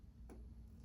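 A BMW heated seat controller is plugged into the connector on the base of a Sargent Cycle Products heated seat for a BMW R1250GS Adventure motorcycle. Against a steady low background, a single short, sharp click sounds at 0.3 s as the connector latches and seats.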